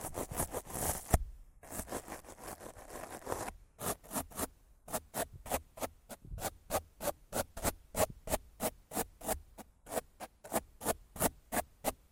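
Rough scratching and brushing on a microphone: the first few seconds are dense, continuous rubbing with a short gap near one second. After about four seconds it turns into regular, separate brush strokes, roughly two per second, each a crisp, hissy swipe with silence between.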